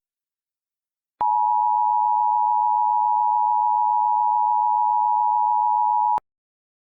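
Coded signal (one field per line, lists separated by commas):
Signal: Emergency Alert System (SAME) tones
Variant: 853 and 960 Hz attention tone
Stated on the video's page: Fictional EAS scenario.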